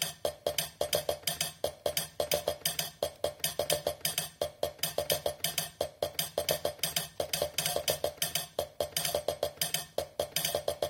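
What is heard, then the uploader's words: A solenoid clicks out a swung, looping groove, its sharp strikes landing in a lopsided long-short pattern several times a second. Each hit is bright and snappy with a short ringing tail, over a steady low hum that runs underneath throughout. Grovity alpha sequencer + solenoid with swing grooves.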